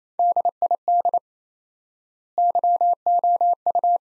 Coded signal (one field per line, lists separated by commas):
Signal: Morse code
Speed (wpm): 28 wpm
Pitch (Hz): 700 Hz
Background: none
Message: DID YOU